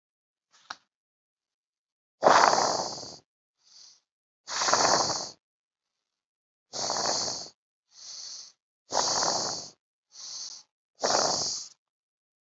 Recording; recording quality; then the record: shallow breathing; excellent, no background noise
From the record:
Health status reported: COVID-19 positive, mild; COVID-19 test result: positive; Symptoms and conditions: cough, fever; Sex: male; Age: 45 years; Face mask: worn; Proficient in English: yes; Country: India